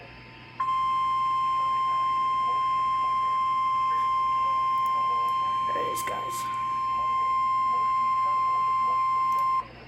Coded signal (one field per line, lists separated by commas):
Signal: Emergency Alert System (SAME) tones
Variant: 1050 Hz attention tone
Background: speech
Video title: A Somewhat Missed Tornado Warning EAS #16